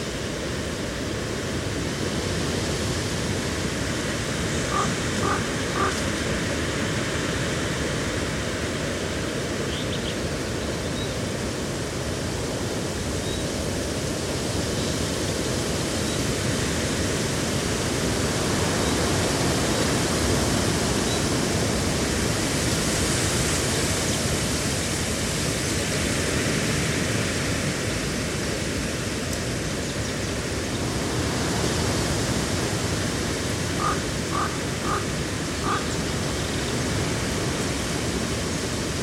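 A summer field recording at Badbury Rings, Dorset, dominated by a steady, dense rush of wind-like noise that stays even throughout. Short bursts of quick bird chirps break through around the five-second mark and again near thirty-four seconds.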